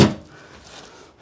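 The front flange of a steel mini-tub wheelhouse on a 1964 to 1972 GM A-Body is being pushed toward its slot in the car body. A single dull, low thud at the very start fades quickly into a quiet, steady low rumble for the rest of the clip. Nothing has seated or clicked yet.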